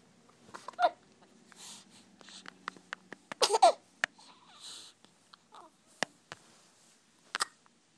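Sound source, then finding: Infant. Infant hiccups.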